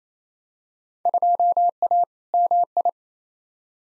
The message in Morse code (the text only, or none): 2A MI